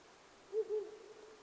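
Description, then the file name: Owl call of two low, soft hoots in quick succession, with a faint fading tail after them. Recorded 9 May 2009 at 19:10. "fukurou-20090509-1910"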